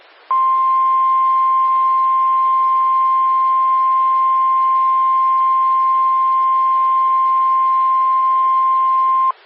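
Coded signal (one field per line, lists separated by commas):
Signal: Emergency Alert System (SAME) tones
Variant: 1050 Hz attention tone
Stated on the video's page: Personally captured Oklahoma EAS alerts.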